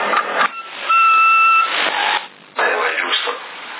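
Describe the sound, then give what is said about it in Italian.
A single steady whistle, held for under a second, comes through a CB radio channel in Sassari, December 2010, amid thick crackling static and hiss. The transmission sounds thin and band-limited. “Dato un fischio, facciamo entrare avanti il fischio.”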